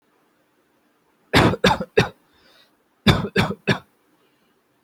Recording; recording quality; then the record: shallow voluntary cough; excellent, no background noise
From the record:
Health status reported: healthy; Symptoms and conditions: none ticked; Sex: male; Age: 25 years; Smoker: not ticked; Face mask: not worn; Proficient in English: yes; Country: India